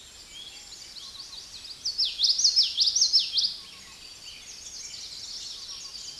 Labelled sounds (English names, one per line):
Common Yellowthroat song